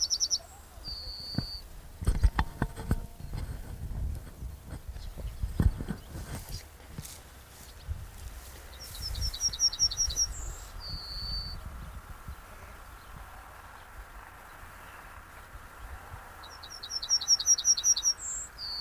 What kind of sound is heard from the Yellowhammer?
song